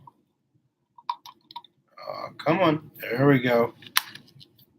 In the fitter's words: so had it lined up and I don't know if y'all heard that but once you get it lined up it will actually click and lock into place